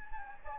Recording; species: mosquito wingbeat signal from an infrared sensor; Anopheles gambiae